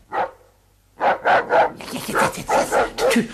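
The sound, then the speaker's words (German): A wolfhound from the front building barks once, falls silent briefly, then lets out a quick run of about eight loud, deep barks in a steady rhythm. “ein Wolfshund aus dem Vorderhaus, sich veranlasst fühlte, auch wieder zu bellen.”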